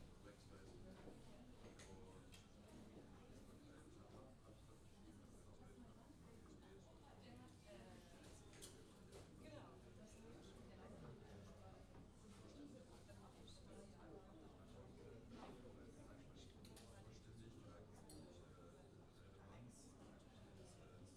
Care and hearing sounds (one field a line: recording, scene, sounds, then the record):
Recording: everyday scene through a hearing-aid microphone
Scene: many people talking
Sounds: many voices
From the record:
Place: university cafeteria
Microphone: in the ear canal, left